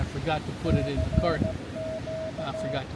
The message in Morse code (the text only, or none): E CQ